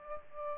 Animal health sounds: mosquito wingbeat signal from an infrared sensor; Aedes albopictus

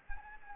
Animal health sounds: mosquito wingbeat signal from an infrared sensor; Anopheles arabiensis

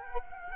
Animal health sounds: mosquito wingbeat signal from an infrared sensor; Culex quinquefasciatus

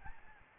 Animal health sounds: mosquito wingbeat signal from an infrared sensor; Aedes albopictus

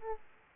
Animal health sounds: mosquito wingbeat signal from an infrared sensor; Aedes aegypti

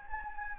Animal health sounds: mosquito wingbeat signal from an infrared sensor; Anopheles gambiae

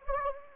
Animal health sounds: mosquito wingbeat signal from an infrared sensor; Anopheles gambiae

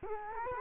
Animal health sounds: mosquito wingbeat signal from an infrared sensor; Culex quinquefasciatus

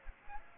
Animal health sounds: mosquito wingbeat signal from an infrared sensor; Aedes aegypti

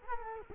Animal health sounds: mosquito wingbeat signal from an infrared sensor; Culex quinquefasciatus

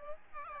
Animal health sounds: mosquito wingbeat signal from an infrared sensor; Aedes albopictus

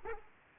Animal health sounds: mosquito wingbeat signal from an infrared sensor; Aedes aegypti

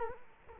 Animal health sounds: mosquito wingbeat signal from an infrared sensor; Culex quinquefasciatus

